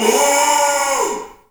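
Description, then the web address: Kudu scream: one loud, harsh, drawn-out cry about one and a half seconds long, holding a steady pitch before sliding down and fading. Bull scream. "Spectrasonics - Heart of Africa 1 Partition C 07 KUDU FX BULLSCREM"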